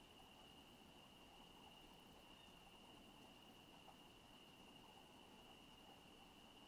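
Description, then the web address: Steady, unvarying high cricket trill runs through the whole stretch above a dull, constant low-frequency background. Residential town at night. "Sonik Sound Library - Spatial Towns Ambience, Residential, Night, Crickets, Night Bird"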